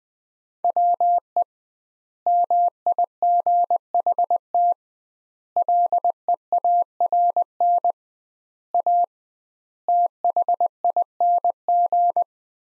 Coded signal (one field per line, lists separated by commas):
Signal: Morse code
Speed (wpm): 20 wpm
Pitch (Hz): 700 Hz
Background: none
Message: WE MIGHT LEARN A THING